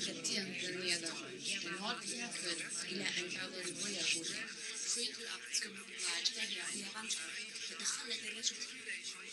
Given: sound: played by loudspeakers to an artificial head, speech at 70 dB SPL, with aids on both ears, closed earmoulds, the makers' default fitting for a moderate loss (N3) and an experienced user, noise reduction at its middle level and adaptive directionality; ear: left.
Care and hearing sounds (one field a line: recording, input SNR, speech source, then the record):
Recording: speech test signal (ISTS) in cocktail-party noise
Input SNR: 0 dB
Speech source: on the right (90 degrees)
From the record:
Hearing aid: class 1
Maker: H